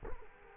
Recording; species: mosquito wingbeat signal from an infrared sensor; Culex quinquefasciatus